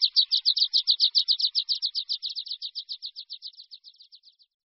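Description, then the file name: Water pipit trill: rapid high chirps that start loud and gradually fade toward the end. "Linduška-horská"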